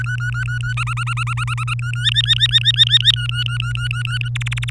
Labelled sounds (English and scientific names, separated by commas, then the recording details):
Domestic Canary (Serinus canaria) song
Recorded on 24 April 2018 at 17:22
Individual llb3